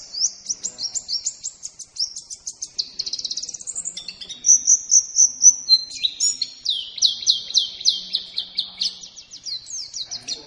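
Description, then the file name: White-eye delivering long runs of quick, high chirps and downslurred whistles, repeated several times a second in energetic bursts. From Lombok; used for training songbirds. "pleci lombok omkicau"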